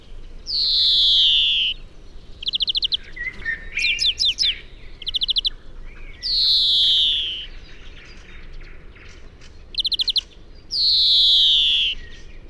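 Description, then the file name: European greenfinch with three long descending nasal wheezes spaced a few seconds apart, interspersed with quick rattling trills and twittering notes. "Chloris chloris"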